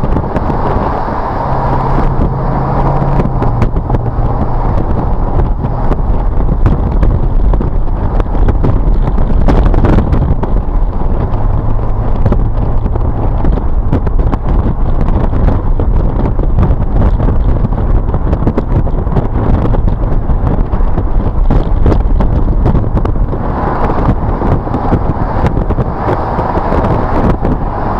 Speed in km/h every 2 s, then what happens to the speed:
81, 85, 90, 93, 93, 93, 97, 95, 95, 90, 92, 93, 93, 92.
0-5 speeds up to 93. 5-28 steady at about 93.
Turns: none.